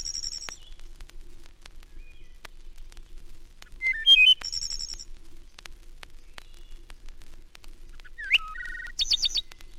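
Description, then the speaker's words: Wood Thrush song: the tail of one phrase, then two full phrases several seconds apart, each with low soft notes, a clear fluted middle and a high buzzy trill, with faint crackle throughout. Wood thrush delivering its shorter song phrases; range given as Canada to Florida; recorded in central New York State. "The wood thrush delivers its shorter phrases from Canada to Florida."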